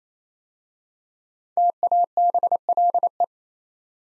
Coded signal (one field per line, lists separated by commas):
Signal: Morse code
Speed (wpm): 27 wpm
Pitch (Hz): 700 Hz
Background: none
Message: TABLE